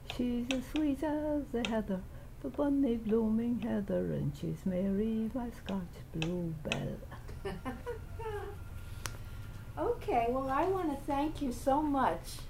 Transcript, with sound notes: She's as sweet as the heather, the bonnie blooming heather and she's Mary, my Scotch bluebell.
[laughs] Okay. Well, I want to thank you so much